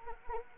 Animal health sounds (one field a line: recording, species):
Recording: mosquito wingbeat signal from an infrared sensor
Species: Anopheles arabiensis